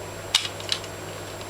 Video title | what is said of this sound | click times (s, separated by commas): M249 Saw Breakdown | till you hear a click | 0.7 s